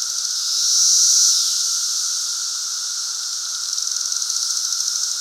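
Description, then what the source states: Cicada chorus, a high continuous buzzing that swells early then settles, with quick rhythmic ticking pulses toward the end. Cicadas at Lincoln's Cabin.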